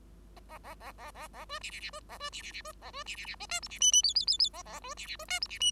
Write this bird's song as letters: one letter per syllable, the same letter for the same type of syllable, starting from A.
A A A A A A B C C C B A B C C C B A B C C C D E C F F G G G G A A B C C B D E C F